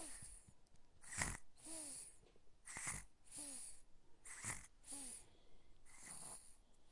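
Soft, snorty breaths repeat at roughly 37 a minute, each a noisy rush of air, some carrying a brief squeaky whistle. A sleeping baby snoring lightly through a narrow nose or throat.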